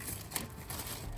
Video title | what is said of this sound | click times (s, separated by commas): Installing Illuminated GMC Emblem on 2023 AT4 | push it in. You'll hear them all snap in nice and tight. | 0.4 s, 0.7 s